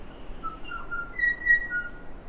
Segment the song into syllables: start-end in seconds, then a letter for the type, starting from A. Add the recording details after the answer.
0.42-0.55 A, 0.64-0.79 B, 0.88-1.07 C, 1.13-1.34 D. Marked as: Pipe(E[6]), Chortle_Ghh, Pipe(F[6]), Pipe(A#[6]+). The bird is a male. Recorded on Cuvier Island, New Zealand, on 4 November 2016. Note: TrumpetSongNiceHarmonics